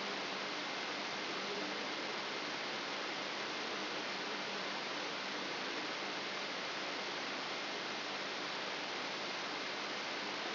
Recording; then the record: brain microelectrode recording played as sound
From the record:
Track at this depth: outside the subthalamic nucleus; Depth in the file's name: 6.101 mm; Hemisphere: left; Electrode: 3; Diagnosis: Parkinson's disease